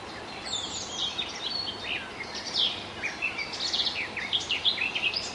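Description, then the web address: Garden warbler song: a flowing stream of chattering, warbled phrases, quick and varied in pitch, over constant noise. At Zakole Wawerskie, Poland. "zakole-wawerskie nagrania gajowka"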